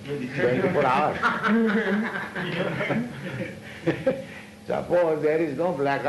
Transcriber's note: laughter